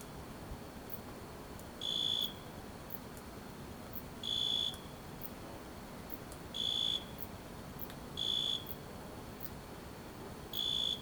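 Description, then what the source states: Cricket chirps, short high-pitched buzzy trills repeated every two seconds or so over a steady low hiss. A single cricket at night.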